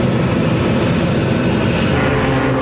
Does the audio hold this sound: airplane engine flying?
yes